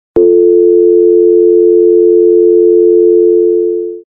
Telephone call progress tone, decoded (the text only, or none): dial tone